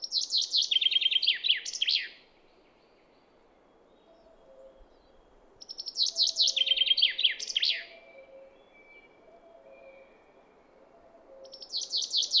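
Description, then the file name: Common chaffinch singing the same descending trill with an ending flourish, repeated about every five and a half seconds; two songs and the start of a third. "Fringilla coelebs"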